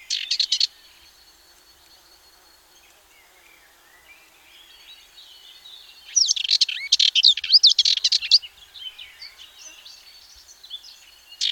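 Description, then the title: Sardinian warbler song: short scratchy chatter at the start, a pause, then a longer rattling, buzzy burst of fast notes, with another brief phrase at the end. "Sylvain Jaskowiak - Mes piafs. Fauvette mélanocéphale"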